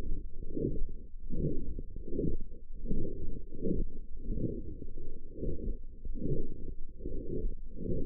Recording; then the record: forearm muscle sounds (acoustic myography)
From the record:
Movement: forearm supination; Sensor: system 1, eight BSWA MPA416 microphones around the upper forearm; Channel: 6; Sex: female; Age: 20 years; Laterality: right